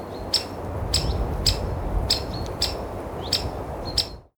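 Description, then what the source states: Bird with bright, clipped chirps about every half second or so and brief twittering notes, set against a strong, gusty wind rumble. Birds twittering in windy conditions.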